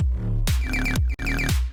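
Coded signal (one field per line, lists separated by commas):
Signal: none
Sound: music production sound effects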